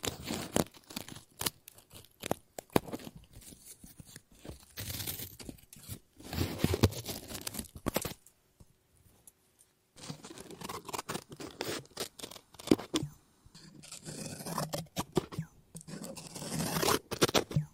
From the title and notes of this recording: ASMR Scissors No Talking Snips and Cutting Paper.